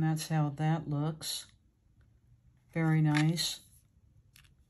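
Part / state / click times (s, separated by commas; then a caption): marker cap onto marker barrel / not seated / none. Someone talks while handling a plastic cap and a bullet-tip marker, with the cap meant to snap onto the marker barrel so the marker is sealed and won't dry out. Nothing has seated or clicked yet; only a faint, brief tick is heard near 4.4 s after the talking stops.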